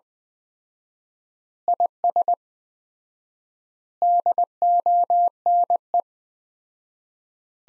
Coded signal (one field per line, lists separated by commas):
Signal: Morse code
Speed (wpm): 21 wpm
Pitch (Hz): 700 Hz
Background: none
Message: IS DONE